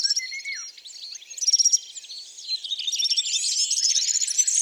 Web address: Serin cini. abc de la nature